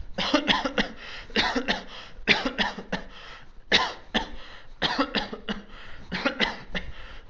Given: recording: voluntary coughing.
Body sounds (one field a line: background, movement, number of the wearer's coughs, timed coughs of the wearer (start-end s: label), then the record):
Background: quiet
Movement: walking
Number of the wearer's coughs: 16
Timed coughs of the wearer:
0.16-0.45 s: cough
0.45-0.75 s: cough
0.75-0.95 s: cough
1.33-1.63 s: cough
1.66-1.88 s: cough
2.25-2.57 s: cough
2.57-2.90 s: cough
2.90-3.11 s: cough
3.69-4.02 s: cough
4.12-4.33 s: cough
4.79-5.12 s: cough
5.12-5.46 s: cough
5.46-5.67 s: cough
6.06-6.37 s: cough
6.37-6.70 s: cough
6.70-6.94 s: cough
From the record:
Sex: male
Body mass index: 22.0 kg/m2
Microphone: on the chest, facing outward